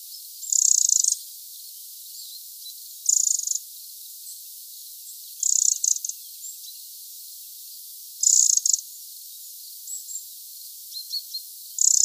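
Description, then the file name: Eurasian wren calling with four or five loud, dry rattling bursts spaced roughly two to three seconds apart, with faint high ticks in the quiet gaps. "Troglodytes troglodytes"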